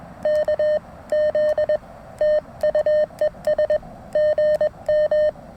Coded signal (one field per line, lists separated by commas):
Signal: Morse code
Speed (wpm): 21 wpm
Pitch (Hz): 610 Hz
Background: none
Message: K Z TU ES GM